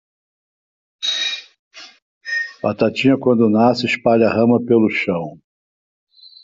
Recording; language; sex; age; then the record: short text; Brazilian Portuguese; male; 70 to 79 years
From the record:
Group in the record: control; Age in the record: 71 years